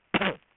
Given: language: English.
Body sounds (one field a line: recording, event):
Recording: throat vibration sensor signal played as sound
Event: cough